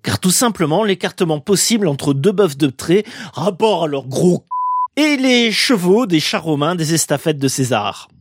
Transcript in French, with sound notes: car tout simplement l'écartement possible entre deux bœufs de trait, rapport à leurs gros. [bip] et des chevaux des chars romains des estafettes de César: